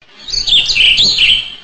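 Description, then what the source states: Bird flight call: one high, thin, wavering note sliding up and down for more than a second, with a faint low rumble underneath. Nocturnal flight call.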